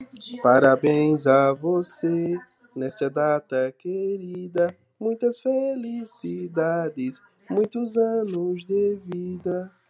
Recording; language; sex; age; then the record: short text; Brazilian Portuguese; male; 30 to 39 years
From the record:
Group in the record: control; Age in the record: 37 years